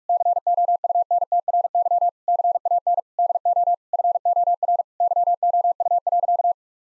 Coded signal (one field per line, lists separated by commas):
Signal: Morse code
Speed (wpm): 46 wpm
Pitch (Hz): 700 Hz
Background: none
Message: COUNTRY CAN DO FOR YOU.